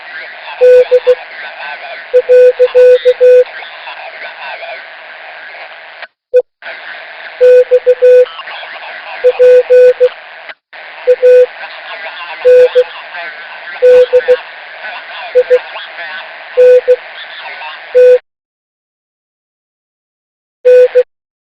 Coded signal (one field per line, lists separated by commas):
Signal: Morse code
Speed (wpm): 16 wpm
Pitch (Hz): 500 Hz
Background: speech, radio noise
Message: D. EXPANDINT N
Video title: does anyone know what this morse code means?